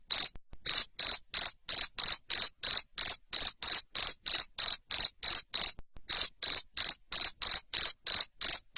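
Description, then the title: Cricket producing rapid, regular high chirps, around three each second, a short gap early and another near six seconds. Loud cricket chirping used to stimulate lovebirds to keep singing. "Suara JANGKRIK NGERIK Keras Bikin LOVEBIRD Jadi NGEKEK Terus Vubey"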